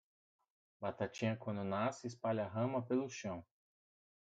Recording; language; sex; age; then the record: short text; Brazilian Portuguese; male; 30 to 39 years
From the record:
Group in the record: control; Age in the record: 33 years